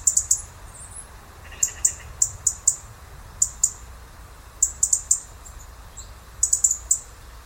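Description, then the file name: European robin giving groups of thin, high ticking notes in quick bursts, with a brief lower warbled note early on and a faint background hum. "Erithacus rubecula"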